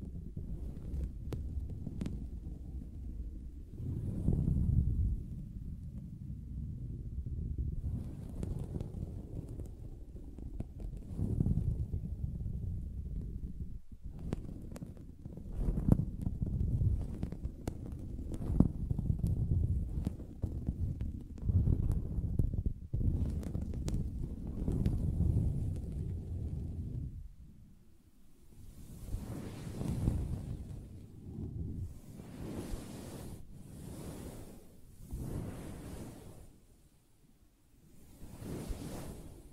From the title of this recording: Soft Fabric Surface Tapping & Scratching